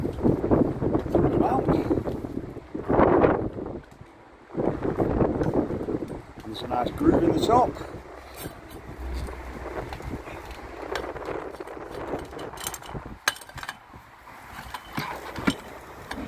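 Someone talks while handling the cable connector of a Starlink Gen 3 satellite dish near its dish mount, which has a groove in the top, with wind noise and scattered small knocks and taps. The connector has not yet been pushed into its socket on the dish, and nothing has seated or clicked yet.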